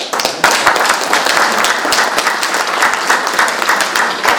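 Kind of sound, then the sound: crowd, crowd applause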